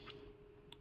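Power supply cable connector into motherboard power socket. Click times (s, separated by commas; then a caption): 0.7 s. A keyed power supply cable connector is pushed all the way into a motherboard power socket until its latch clips. A faint tick at 0.1 s comes before a sharp, brief click at 0.7 s over a low steady hum. The connector is properly seated.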